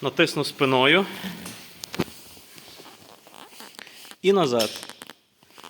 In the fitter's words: зафіксувалося